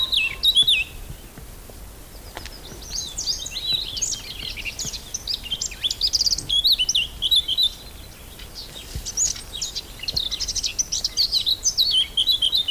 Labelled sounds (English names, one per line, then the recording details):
Eurasian Blackcap song
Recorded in the wild
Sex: male
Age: adult
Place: Blankenfelde, Berlin, DE
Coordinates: 52.62, 13.37
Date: 1999-05-02 12:02
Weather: fair, 11 - 15°C
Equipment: Nagra SN, Kopie Uher 4000 Report Monitor
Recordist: Tembrock, Günter